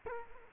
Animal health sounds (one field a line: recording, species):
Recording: mosquito wingbeat signal from an infrared sensor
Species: Culex quinquefasciatus